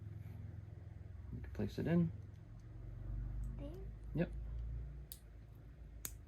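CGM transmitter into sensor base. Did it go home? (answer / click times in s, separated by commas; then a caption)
yes / 5.1 s, 6.0 s. A CGM transmitter is pressed into its sensor base on the skin while someone talks. Two sharp clicks follow at 5.1 and 6.1 seconds, and the transmitter seats fully in the base.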